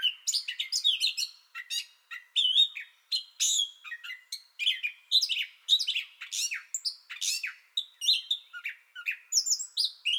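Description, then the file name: Gray catbird song, a sequence of mewing, squeaking and grating notes at varied pitches, delivered in quick succession. Song bout already in progress, 30 May 2021. "2021-05-30 Gray Catbird Song Bout Already Going"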